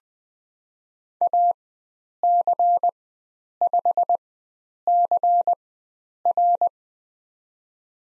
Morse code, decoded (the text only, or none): AC5CR